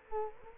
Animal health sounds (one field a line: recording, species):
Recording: mosquito wingbeat signal from an infrared sensor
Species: Culex quinquefasciatus